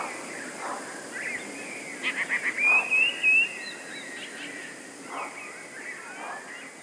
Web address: wroblowe teka spiew. modraszkoteka